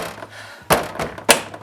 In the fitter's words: nice little whack like that. Hear the clicks.